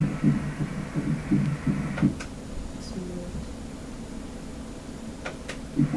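Soft, low thumping heartbeats of an adult heart come through during the first two seconds, rapid and somewhat uneven. After that they fade under a steady hum and return only briefly at the end.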